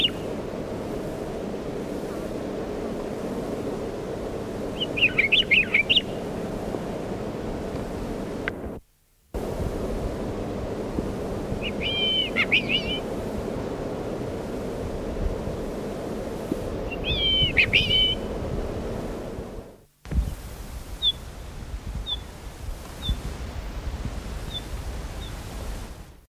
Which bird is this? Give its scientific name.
Oenanthe leucopyga